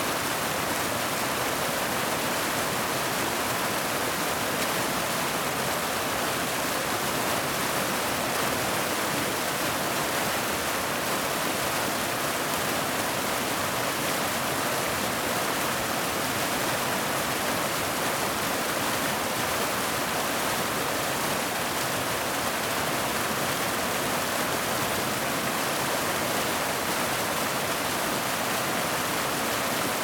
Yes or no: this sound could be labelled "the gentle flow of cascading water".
yes